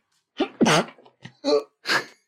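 Three or four sharp, explosive bursts in about two seconds, each with a sudden voiced onset and a hissing release. This is a rapid run of repeated sneezes from an adult man in a small room, part of a sudden sneezing fit that is still going on.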